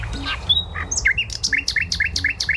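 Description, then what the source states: Common Nightingale song: a few varied chirps and whistles, then a rapid series of sharp, repeated two-part notes, about five each second, over a low hum. Played as a quiz example; ranked second in a top-ten list of popular birds.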